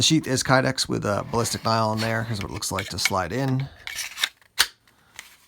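Someone talks while a Work Tuff Gear Tayal fixed-blade knife is slid into its Kydex sheath, and a short rasping slide is heard as the blade goes in. It snaps into the retention with a sharp click at 4.6 s and is seated.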